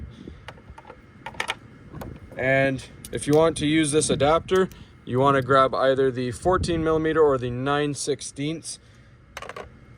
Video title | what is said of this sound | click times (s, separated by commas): HAISSTRONICA Ratcheting Wrench Set With Interchangeable Heads Full Demo | So again, we just pop this off, | 1.4 s